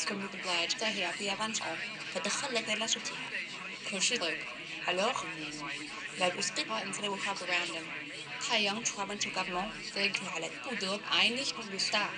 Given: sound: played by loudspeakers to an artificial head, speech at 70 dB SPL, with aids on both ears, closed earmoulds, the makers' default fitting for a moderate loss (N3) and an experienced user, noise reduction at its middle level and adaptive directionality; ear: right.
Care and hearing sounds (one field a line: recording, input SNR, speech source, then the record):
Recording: speech test signal (ISTS) in cocktail-party noise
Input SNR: +3 dB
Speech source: on the right (90 degrees)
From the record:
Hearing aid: class 2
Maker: G